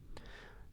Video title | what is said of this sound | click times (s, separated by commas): Replacing Silicone Doll Eyes with Custom Ones | it's very simple just snaps into place because it's magnetic | 0.2 s